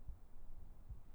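Two soft, low thumps about 0.8 seconds apart: the steady heartbeat of an adult woman, near 73 beats a minute, heard close up over a faint hum.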